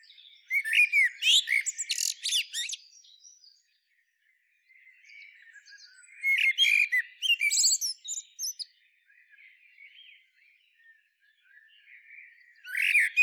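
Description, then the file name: Common blackbird calls: a loud burst of squawky chatter, a silent pause, another chattering bout, quiet notes, and a final harsh squawk. "Turdus merula"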